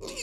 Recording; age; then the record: pig call; weaner (32 to 43 days)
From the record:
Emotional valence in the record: negative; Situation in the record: novel object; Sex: female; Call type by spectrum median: high-frequency call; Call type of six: high-frequency stable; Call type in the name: high-frequency stable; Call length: 0.23 s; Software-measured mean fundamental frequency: 167 Hz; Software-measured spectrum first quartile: 973 Hz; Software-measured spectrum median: 2960 Hz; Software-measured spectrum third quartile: 5961 Hz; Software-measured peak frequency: 387 Hz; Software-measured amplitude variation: 106 dB a second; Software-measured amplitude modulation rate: 15.4 a second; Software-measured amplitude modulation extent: 6.9 dB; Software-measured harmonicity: 3.6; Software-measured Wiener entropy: -2.45